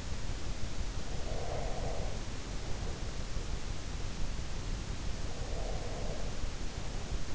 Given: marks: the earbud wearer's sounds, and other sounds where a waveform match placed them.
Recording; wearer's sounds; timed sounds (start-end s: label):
sounds in sleep by an in-ear microphone; breath
1.24-2.99 s: breath
5.22-7.35 s: breath